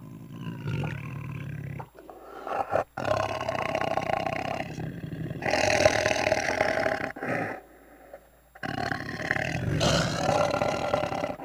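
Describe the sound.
Tiger growling repeatedly in long rasping rumbles, broken by short pauses.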